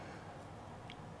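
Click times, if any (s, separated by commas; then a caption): 0.9 s. An aluminium shock cap is turned backwards on the fine-threaded shock body of an HB Racing D8 World Spec 1/8 competition buggy, against a steady low background hiss. At 0.9 s the cap's thread drops into its start with a short, sharp click, so it is seated and ready to be wound on.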